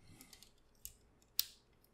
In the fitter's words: that it just latches on and you bring the head down all the way